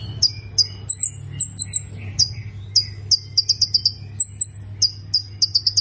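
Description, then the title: Plain prinia giving sharp, high, downslurred chirps at uneven intervals, some in quick pairs, and a few thin high whistles. A steady low hum sounds throughout. "Ciblek Sawah"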